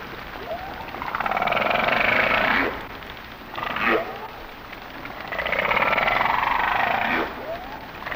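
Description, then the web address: Humpback whale song: broad, swelling moaning units lasting two to three seconds, separated by short upswept cries, with a steady underwater hiss throughout. "Whale Songs Sounds of Nature - Humpback Whales"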